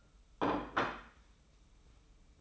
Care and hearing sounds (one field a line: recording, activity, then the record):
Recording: daily activity, microphone in the room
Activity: place plate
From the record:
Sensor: 1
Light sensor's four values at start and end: 20/49/20/22 and 19/46/19/21